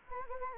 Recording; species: mosquito wingbeat signal from an infrared sensor; Anopheles gambiae